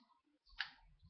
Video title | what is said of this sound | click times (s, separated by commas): Leekeworld Mikhaila Art Body Review | side and they clip click into place you don't have to worry about them but she can be a little bit kicky so just be aware of that | 0.6 s